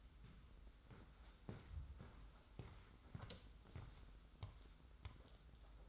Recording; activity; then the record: daily activity, microphone in the room; walk to room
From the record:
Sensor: 3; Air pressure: 991.1 hPa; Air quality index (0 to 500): 103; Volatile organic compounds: 39 ppm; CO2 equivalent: 3126 ppm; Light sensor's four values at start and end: 44/124/50/44 and 20/55/23/21